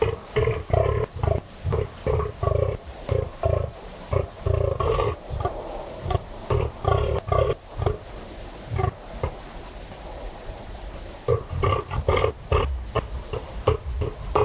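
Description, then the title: Fallow deer rutting groans: hoarse, deep grunts repeating fast and rhythmically, a long steady series, a short lull near the middle, then renewed bursts. Fallow buck rutting at 3am on a cold, still, moonless autumn night in West Dorset, England; he is staking his claim, warning off rivals and guarding his does; bellow echoes through combes and hills. "Sound Escape. the eerie and dramatic fallow deer rut on a dark Dorset night"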